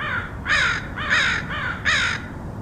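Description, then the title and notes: Crow calling four loud, hoarse caws, each about a third of a second long, in a steady series. Recorded in Portland, Oregon, United States, in August 2003. "Crows of Portland. Crows recorded by Dan Bodah in Portland, OR, August 2003"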